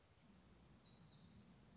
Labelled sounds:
Black-throated Gray Warbler
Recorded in Sonoma County, California

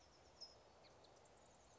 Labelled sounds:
California Towhee
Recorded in Sonoma County, California

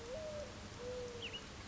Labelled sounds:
Mourning Dove
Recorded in Sonoma County, California

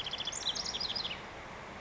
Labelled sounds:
House Wren
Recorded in Sonoma County, California

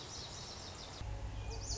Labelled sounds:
Lazuli Bunting
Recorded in Sonoma County, California

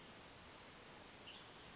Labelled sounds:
Western Tanager
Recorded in Sonoma County, California

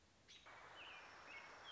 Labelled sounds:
American Robin
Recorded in Sonoma County, California

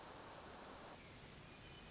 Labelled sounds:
Hermit Thrush
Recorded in Sonoma County, California

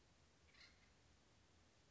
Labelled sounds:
Acorn Woodpecker
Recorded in Sonoma County, California

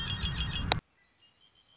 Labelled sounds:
Red-winged Blackbird
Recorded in Sonoma County, California

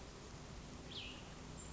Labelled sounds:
Cassin's Vireo
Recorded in Sonoma County, California

